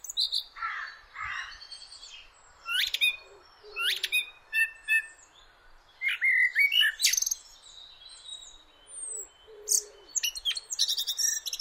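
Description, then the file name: Common blackbird song: mellow warbles and a string of sharp, high scratchy notes and squeaks. "Turdus merula"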